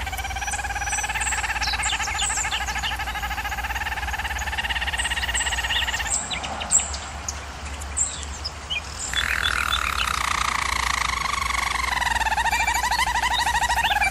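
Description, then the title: German Roller canary song: smooth steady roll for six seconds, a gap with sharp chirps, then a descending rolling tour resumes. German Roller canary singing, used for canary training. "German Roller Canary Singing - Canary Training Vid"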